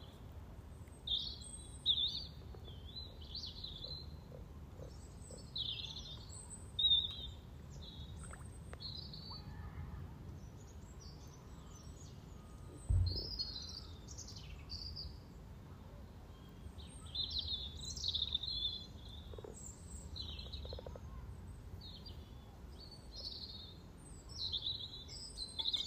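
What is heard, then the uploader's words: A chorus of frogs gives a steady stream of short, high, chirping calls, overlapping and irregular, thickest in the middle of the clip. A low outdoor rumble sits underneath, with a brief dull thump near the middle. Frog chorus captured on 17th March 2023, Freshfield Formby Merseyside, UK. We have 2 ponds in the garden. The sunny pond has a chorus of 20 frogs some floating, some sitting on the piles of frog spawn that have only recently been laid. This recording captures the frogs welcoming the arrival of the female frogs.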